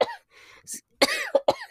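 Adult woman coughing, ill with influenza after a cold that has lasted the whole month of February.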